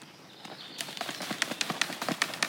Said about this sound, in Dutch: Zullen we nog één keer kloppen? Ja. Op wat laag struweel? Ja, is goed.